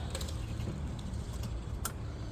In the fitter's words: Slap the electrical back in. Snaps right in.